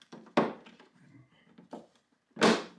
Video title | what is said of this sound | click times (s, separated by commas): EASY DIY JEEP JL FUEL FILLER DOOR INSTALL - SAYING GOODBYE TO THE JEEP!! | Make sure it's all lined up. It clicks into place. | 0.4 s